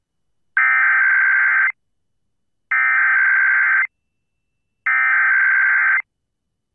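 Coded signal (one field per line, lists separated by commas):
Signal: Emergency Alert System (SAME) tones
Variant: header bursts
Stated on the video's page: Connecticut Required Monthly EAS Test captured from multiple FM radio and TV stations.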